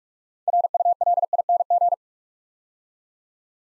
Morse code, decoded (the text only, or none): RULING